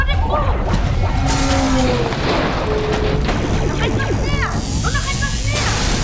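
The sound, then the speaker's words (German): A spaceship takes weapon fire: heavy booming blasts and crashing rumble fill the whole stretch, loud and continuous, with sharp sweeping whistles and electronic chirps streaking over the din. “Die Lady hat einen Treffer kassiert! Noch so einen Schuss und wir...”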